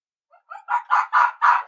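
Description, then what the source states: Red fox calling: a quick run of hoarse barks that start faint and build to four loud, rasping yelps. Played back as a recorded example.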